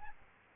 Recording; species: mosquito wingbeat signal from an infrared sensor; Aedes albopictus